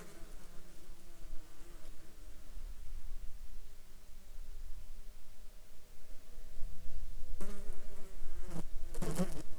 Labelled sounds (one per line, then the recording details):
insects
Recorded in Ivvavik National Park, Yukon, on 2 July 2019 at 15:59
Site SINP03